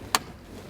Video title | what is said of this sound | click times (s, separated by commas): 5 things I must change about our new G82 M4 xDrive - First Modifications! | click into place and they're useful for these kind of | 0.1 s